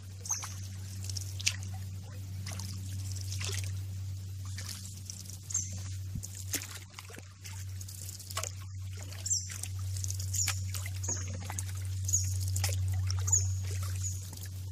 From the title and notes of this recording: Canoe In River. A CANOE IN LAZY RIVER.